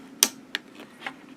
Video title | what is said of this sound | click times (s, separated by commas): Schmincke Akademie Christmas Set - First Impressions & Comparison with Schmincke Horadam Set of 12 | You should hear a click when it happens, and that means that they're nice and snug and they're not going to move around on you. | 0.2 s